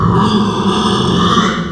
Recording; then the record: squeal of a Yucatan mini pig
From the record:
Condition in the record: after surgery on the right vocal fold (resection and tissue-engineered implant); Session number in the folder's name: 16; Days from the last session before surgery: 183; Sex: female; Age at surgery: 19 weeks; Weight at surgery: 25 kg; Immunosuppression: prednisolone